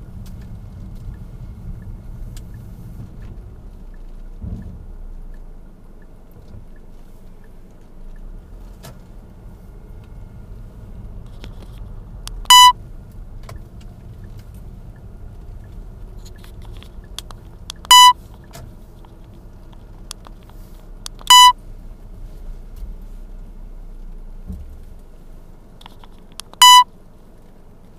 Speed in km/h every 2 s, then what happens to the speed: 10, 7, 0, 0, 8, 9, 9, 6, 5, 4, 3, 0, 0, 0.
0-3 slows to 0. 3-7 standing. 10-21 slows to 0. 21-28 standing.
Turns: none.